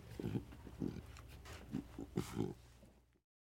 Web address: big cats|lions